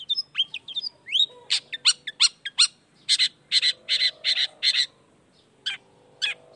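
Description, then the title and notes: Long-tailed shrike with sweeping squeaky whistles, then a rapid series of short, scratchy, chattering notes. Cendet heard singing in the morning in a varied 'toet toet' style; the recording is meant to stimulate reluctant shrikes to join in and sing. "Cendet Gacor Dor Di Kala Pagi Toet Toet Variasi Suara. Cendet Gacor Di Pagi Hari Rangsangan Emosi Cendet Malas Bunyi Supaya Secepatnya Ikutan Bunyi. Burung cendet"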